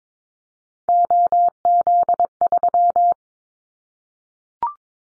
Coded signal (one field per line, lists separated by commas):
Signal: Morse code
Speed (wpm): 22 wpm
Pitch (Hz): 700 Hz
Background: none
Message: OZ3